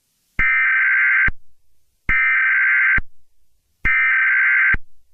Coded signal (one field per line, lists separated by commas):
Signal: Emergency Alert System (SAME) tones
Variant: header bursts